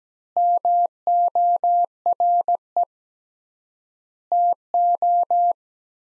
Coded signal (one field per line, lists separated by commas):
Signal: Morse code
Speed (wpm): 17 wpm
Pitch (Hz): 700 Hz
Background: none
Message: MORE TO